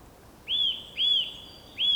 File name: Sitta europaea